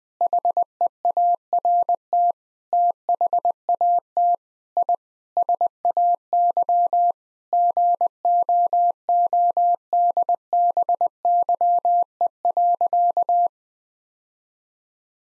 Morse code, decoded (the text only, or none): HEART THAT I SAY GOODBYE.